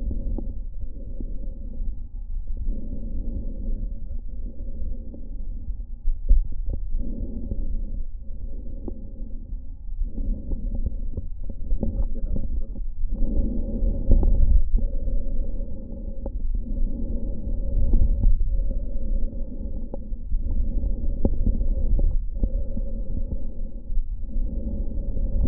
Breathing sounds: lung sounds by stethoscope; right anterior apical chest; quiet breathing, then deep breathing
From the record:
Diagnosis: none (healthy); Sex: male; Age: 60 years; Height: 190 cm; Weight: 150 kg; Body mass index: 41.6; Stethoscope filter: diaphragm mode

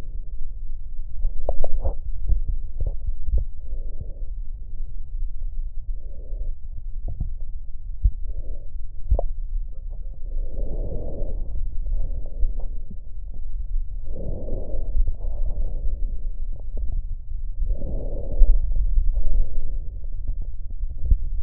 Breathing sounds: lung sounds by stethoscope; left posterior basal chest; quiet breathing, then deep breathing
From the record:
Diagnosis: COPD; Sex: female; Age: 68 years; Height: 150 cm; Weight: 70 kg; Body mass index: 31.1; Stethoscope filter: extended mode

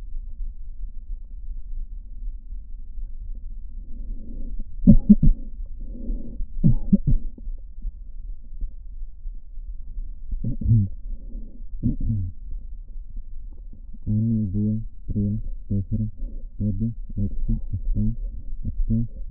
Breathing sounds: lung sounds by stethoscope; left posterior apical chest; quiet breathing, then cough and speech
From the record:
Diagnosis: none (healthy); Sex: male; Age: 29 years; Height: 180 cm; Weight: 100 kg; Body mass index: 30.9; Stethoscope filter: diaphragm mode

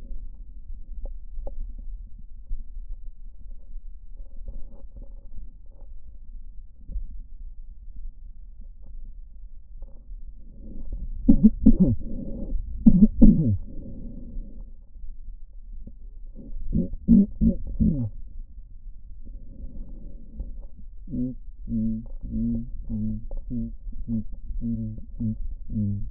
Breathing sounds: lung sounds by stethoscope; left posterior basal chest; quiet breathing, then cough and speech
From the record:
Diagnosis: none (healthy); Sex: male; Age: 30 years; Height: 190 cm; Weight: 88 kg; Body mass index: 24.4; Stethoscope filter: diaphragm mode

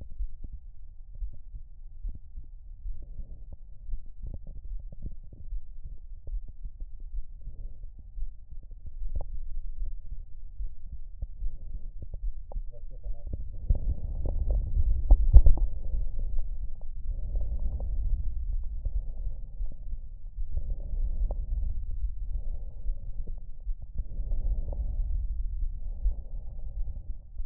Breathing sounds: lung sounds by stethoscope; right anterior apical chest; quiet breathing, then deep breathing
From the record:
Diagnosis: pulmonary infection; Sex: male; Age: 86 years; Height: 165 cm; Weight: 65 kg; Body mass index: 23.9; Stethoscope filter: extended mode

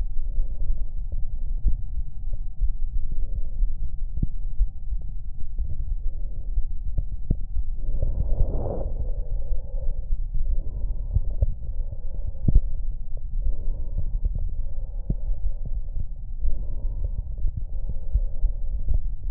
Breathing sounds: lung sounds by stethoscope; left anterior apical chest; quiet breathing, then deep breathing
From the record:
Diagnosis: COPD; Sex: male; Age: 69 years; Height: 162 cm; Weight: 124.8 kg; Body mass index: 47.6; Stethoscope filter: extended mode

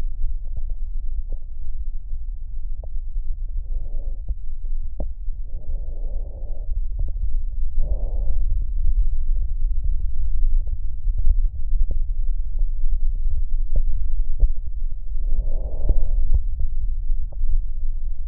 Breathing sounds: lung sounds by stethoscope; left anterior apical chest; quiet breathing, then deep breathing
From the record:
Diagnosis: COPD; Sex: female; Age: 75 years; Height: 155 cm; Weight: 67.6 kg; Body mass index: 28.1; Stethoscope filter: extended mode

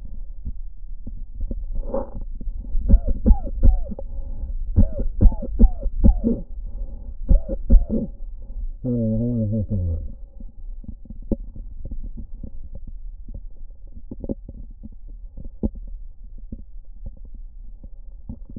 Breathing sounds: lung sounds by stethoscope; right anterior apical chest; quiet breathing, then cough and speech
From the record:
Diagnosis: COPD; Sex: male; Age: 70 years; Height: 183 cm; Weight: 116 kg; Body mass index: 34.6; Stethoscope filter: diaphragm mode

